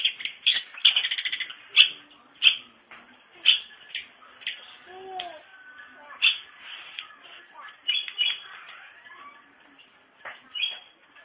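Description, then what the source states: Long-tailed shrike song, fairly soft: scratchy harsh notes mixed with a few low whistled slurs, in uneven bursts. Indonesian local name pentet; labelled 201703.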